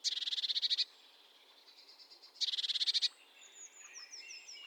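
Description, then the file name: Eurasian blue tit churring calls: two fast rattling bursts of pulsed notes, followed by a few thin high sliding whistles. "Cyanistes caeruleus"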